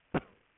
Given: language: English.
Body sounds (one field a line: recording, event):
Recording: throat vibration sensor signal played as sound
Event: cough